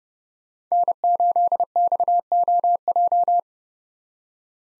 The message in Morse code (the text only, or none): N8XOJ